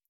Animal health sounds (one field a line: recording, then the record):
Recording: hydrophone in a shrimp aquaculture tank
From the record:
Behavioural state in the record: feeding